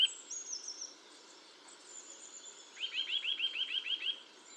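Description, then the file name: Eurasian nuthatch giving a fast run of several upswept notes late, preceded by a thin, very high twittering over soft hiss. "Sitta europaea"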